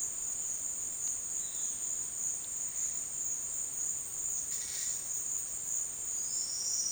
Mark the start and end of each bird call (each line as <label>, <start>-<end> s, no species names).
bird call, 1.37-1.83 s
bird call, 4.36-4.93 s